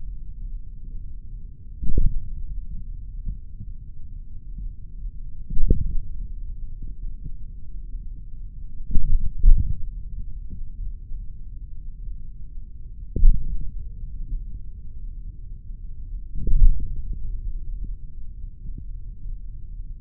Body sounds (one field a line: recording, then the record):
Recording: forearm muscle sounds (acoustic myography)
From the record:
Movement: hand closing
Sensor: system 3, bracelet of six PUI Audio POM-2738L microphones around the upper forearm, with dedicated amplification and filtering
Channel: 3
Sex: male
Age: 26 years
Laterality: right